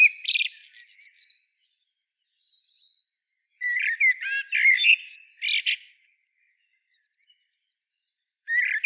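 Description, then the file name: Common blackbird giving short bursts of squeaky, twittering notes, a brief phrase at the start, a longer tumbling run in the middle and another burst at the end, with silent gaps. "Turdus merula"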